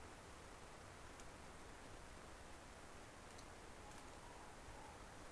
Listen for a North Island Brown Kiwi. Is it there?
no